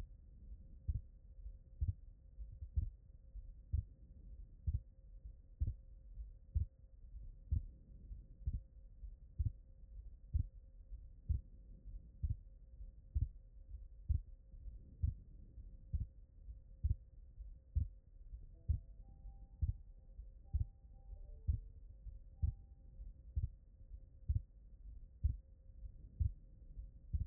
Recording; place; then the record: heart sounds by stethoscope; pulmonary valve (PV)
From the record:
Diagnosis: non-HFrEF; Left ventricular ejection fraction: 60%